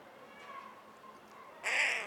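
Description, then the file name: Carrion crow giving a single harsh caw near the end, after a quiet stretch with faint background noise. "Corvus corone - Carrion Crow"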